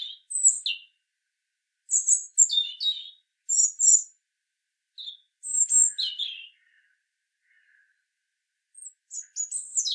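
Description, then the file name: European robin giving sparse, high-pitched song phrases, sharp descending whistles and short trills separated by clear gaps of silence. "Erithacus rubecula"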